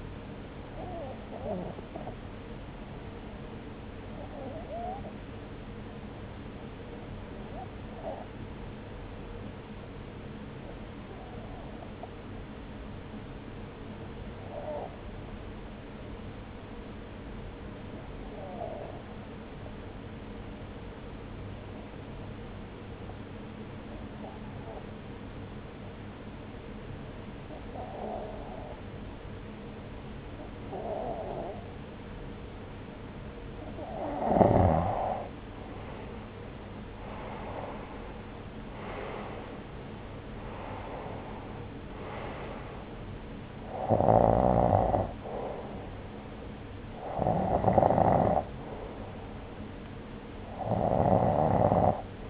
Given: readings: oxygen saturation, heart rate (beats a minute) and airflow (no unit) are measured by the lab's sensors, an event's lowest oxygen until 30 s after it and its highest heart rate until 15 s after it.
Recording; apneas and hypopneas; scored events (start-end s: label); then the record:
breathing in sleep by a voice recorder at the bedside; 1
4.00-35.60 s: hypopnea (N2, oxygen 95% highest, then 89% lowest)
49.00-52.30 s: new sleep stage, N1 (lightest sleep)
From the record:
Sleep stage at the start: N2 (light sleep); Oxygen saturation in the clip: 92 to 95%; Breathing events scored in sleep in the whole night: 303 in 8.1 hours asleep